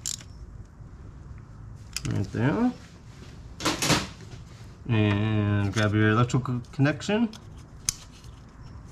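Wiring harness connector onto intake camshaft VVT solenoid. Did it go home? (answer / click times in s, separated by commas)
yes / 7.9 s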